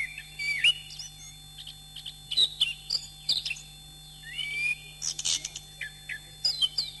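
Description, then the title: Oriental magpie-robin song in sparse bursts: short whistled phrases and sharp chips separated by short pauses, over a faint low hum. "Kicau Kacer"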